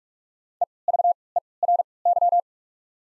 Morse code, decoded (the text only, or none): EVERY